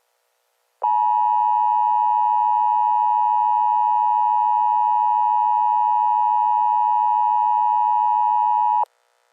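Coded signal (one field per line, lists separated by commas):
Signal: Emergency Alert System (SAME) tones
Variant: 853 and 960 Hz attention tone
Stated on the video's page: Fictional EAS scenario based on a game, not a real alert.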